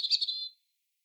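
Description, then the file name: European robin giving a brief high, twittering phrase around the upper register that fades out after half a second, with silence afterward. "Erithacus rubecula"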